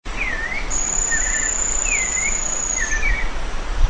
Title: LuckyPassaro Completos2Sama. Ochre-collared Piculet (Picumnus temminckii)